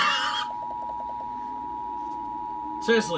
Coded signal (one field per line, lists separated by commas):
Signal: Emergency Alert System (SAME) tones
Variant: 853 and 960 Hz attention tone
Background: speech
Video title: DELICATE... Severe Thunderstorm Warnings from WVJS and WBKR (EAS #302-303)